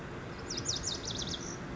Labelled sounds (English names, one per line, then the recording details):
Lazuli Bunting
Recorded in Sonoma County, California